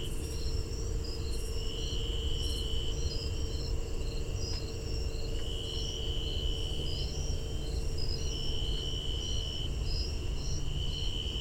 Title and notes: Tree Cricket recorded near Visitor Center of Patuxent Research Refuge September 8, 2015 at 8:02pm